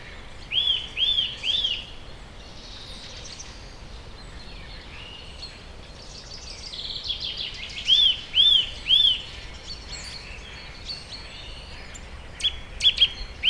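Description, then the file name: Eurasian nuthatch giving short runs of sharp, ringing notes, about three at a time, with softer twittering from other birds and light background noise. "Sitta europaea"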